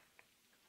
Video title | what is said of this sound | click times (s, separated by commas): UL Type 1 wall-mount drive enclosures for SINAMICS G120 / G120C general performance drives | Next insert the control unit cover and push it until it clicks | 0.2 s